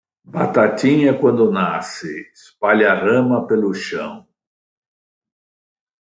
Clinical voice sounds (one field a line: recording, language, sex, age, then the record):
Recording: short text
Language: Brazilian Portuguese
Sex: male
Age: 20 to 29 years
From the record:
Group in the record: control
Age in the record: 23 years